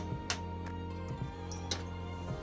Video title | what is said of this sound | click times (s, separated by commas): Step 4 - Installing The CPU - How To - JoeteckTips Web Series | with with it in place just press down on these standoffs and you'll hear a click | 0.3 s